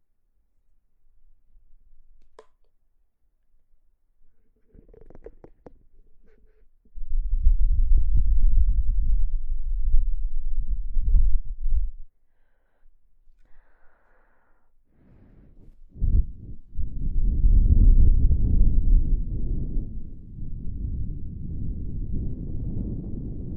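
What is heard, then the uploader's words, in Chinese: Wind blows past the ear in low, rumbling gusts. A quiet first few seconds with small taps gives way to a strong buffeting gust from about 7 to 12 seconds, a brief lull, then a heavier, rougher rush from 15 seconds to the end. 有风吹过你的耳边。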